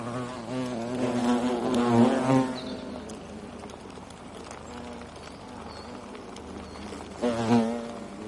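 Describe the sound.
European hornet buzzing, a low droning hum that swells loudly around two seconds, fades to a quieter drone, then surges again briefly near the end.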